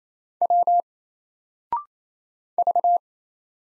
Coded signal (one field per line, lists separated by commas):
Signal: Morse code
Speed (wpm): 27 wpm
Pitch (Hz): 700 Hz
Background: none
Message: W V